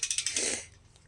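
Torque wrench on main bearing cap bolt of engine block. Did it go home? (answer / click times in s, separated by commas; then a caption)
yes / 0.0 s. A torque wrench tightens a steel main bearing cap bolt on a small-block V8 engine block. A quick run of sharp ratcheting clicks comes at about 0.0, 0.1, 0.2 and 0.3 s, followed by a longer rasping burst from about 0.4 to 0.6 s that fades out. The wrench clicks at its set torque at 0.0 s, and the bolt is done.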